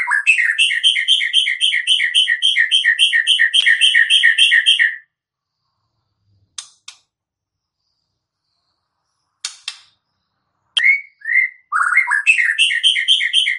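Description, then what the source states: White-rumped shama song: a long, fast series of repeated warbled notes, a pause with scattered clicks, then slurred whistles and the rapid series again. Recording used as a lure for trapping birds (pikat); voice described as strong.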